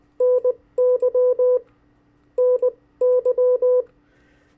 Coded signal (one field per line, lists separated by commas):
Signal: Morse code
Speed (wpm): 20 wpm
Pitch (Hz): 500 Hz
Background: none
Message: NY NY